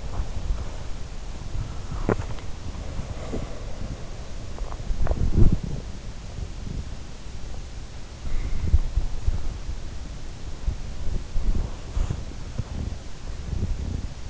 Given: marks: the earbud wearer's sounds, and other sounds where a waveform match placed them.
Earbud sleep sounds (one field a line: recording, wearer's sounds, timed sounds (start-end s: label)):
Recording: sounds in sleep by an in-ear microphone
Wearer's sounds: body movement, swallowing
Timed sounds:
0.00-6.01 s: body movement
1.81-2.60 s: swallowing
8.19-14.30 s: body movement